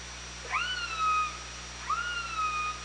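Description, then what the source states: Orca calls, two strong tonal cries, each jumping upward then sliding down into a long level tone with harmonics, against a constant low hum. Recorded by OrcaLab hydrophone on 24 August 2017 at 18:03.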